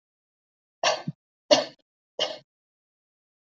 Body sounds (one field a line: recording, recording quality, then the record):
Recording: shallow voluntary cough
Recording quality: excellent, no background noise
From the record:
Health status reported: healthy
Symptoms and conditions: none ticked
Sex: female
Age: 21 years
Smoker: not ticked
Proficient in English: yes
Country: India